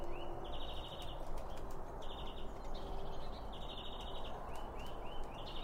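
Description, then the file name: Birds give rapid trilled phrases on an even pitch, repeated several times in a row, with short rising notes between them and background noise. Several birds around a bird feeder, recorded with two Line Audio OM1 microphones. "Birds Around Birdfeeding With Two Om 1 From Line Audio"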